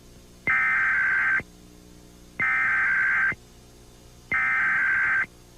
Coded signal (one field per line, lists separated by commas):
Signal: Emergency Alert System (SAME) tones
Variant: header bursts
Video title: [REMAKE] KETV EAS Required Monthly Test (January 1st, 1998)